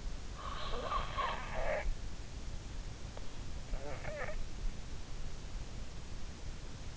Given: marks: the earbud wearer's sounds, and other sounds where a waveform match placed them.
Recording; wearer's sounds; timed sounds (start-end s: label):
sounds in sleep by an in-ear microphone; snoring breath
0.19-2.42 s: snoring breath
3.80-4.82 s: snoring breath